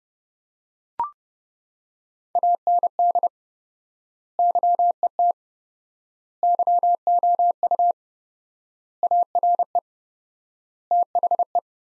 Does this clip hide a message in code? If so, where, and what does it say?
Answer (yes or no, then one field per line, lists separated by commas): yes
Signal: Morse code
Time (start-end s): 2.4-11.6 s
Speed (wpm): 30 wpm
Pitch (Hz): 700 Hz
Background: none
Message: AND YET YOU ARE THE